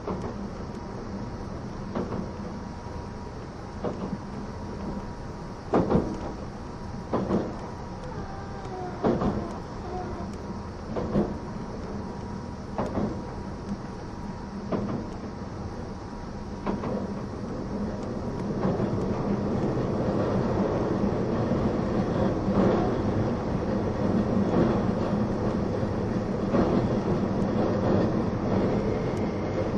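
The E261 series Saphir Odoriko limited express runs with a steady low rumble of wheels on rails. Rhythmic clicks from the rail joints come every second or two, and the ride grows louder and denser after about eighteen seconds, with a faint steady tone underneath.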